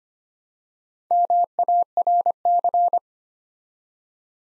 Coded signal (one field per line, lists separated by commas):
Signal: Morse code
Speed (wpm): 25 wpm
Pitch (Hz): 700 Hz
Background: none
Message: MARC